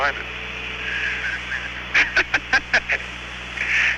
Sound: laughter